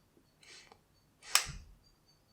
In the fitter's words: now it's triggered you heard the click but that was a very shallow breath so please don't do that